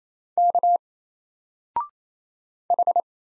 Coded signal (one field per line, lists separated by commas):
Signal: Morse code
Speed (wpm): 28 wpm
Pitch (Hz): 700 Hz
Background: none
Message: K H